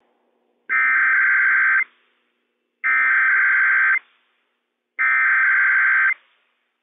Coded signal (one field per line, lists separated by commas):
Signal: Emergency Alert System (SAME) tones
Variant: header bursts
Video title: FCEM RWT - WWF56 - EAS #80 - 8:48 AM PDT 4/15/21